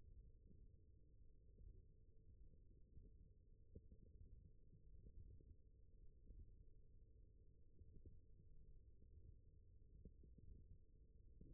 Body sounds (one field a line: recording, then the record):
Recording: forearm muscle sounds (acoustic myography)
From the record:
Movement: wrist extension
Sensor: system 1, eight BSWA MPA416 microphones around the upper forearm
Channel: 3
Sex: male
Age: 21 years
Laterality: right